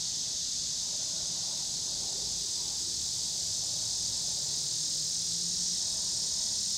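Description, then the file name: Cicadas in a steady, high drone, with a low rumble of car noise in the background. Cicadas recorded with passing car noise in Pittsburgh, Pennsylvania, on 26 August 2023. "cicadas and cars Pittsburgh PA"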